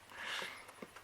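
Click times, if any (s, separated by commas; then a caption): none. A BMW license plate lamp assembly is handled and pressed toward its opening in the bumper trim, producing a soft broadband rustle in the first half second followed by a few faint, quiet taps. Nothing has seated or clicked into place yet.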